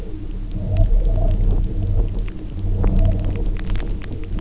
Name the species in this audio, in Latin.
none